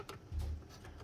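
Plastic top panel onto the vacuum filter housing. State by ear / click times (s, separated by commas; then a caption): not seated / none. A plastic top panel is lined up and twisted back onto the filter housing of a Eureka Whirlwind Litespeed 5843 vacuum, giving a light tick at 0.1 s, a low rubbing rumble from about 0.3 to 0.55 s, and a faint tick near 1.0 s. Nothing has clicked into place yet, though the panel is lined up and on correctly.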